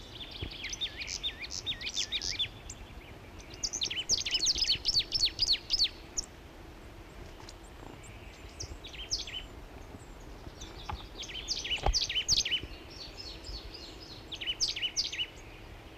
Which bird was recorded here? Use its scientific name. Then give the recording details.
Poecile palustris. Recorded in the wild. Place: Wegfurt, DE. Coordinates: 50.3958, 10.0869. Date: 1964-04-03 08:00. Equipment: Uher Report 4000, AKG D190. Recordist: Krey, Winfried